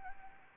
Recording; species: mosquito wingbeat signal from an infrared sensor; Anopheles arabiensis